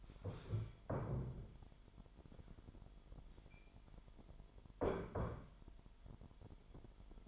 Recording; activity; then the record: daily activity, microphone in the room; stand up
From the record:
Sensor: 5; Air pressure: 998.6 hPa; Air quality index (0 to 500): 83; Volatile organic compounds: 1 ppm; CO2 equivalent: 953 ppm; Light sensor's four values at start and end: 43/105/44/48 and 43/103/43/48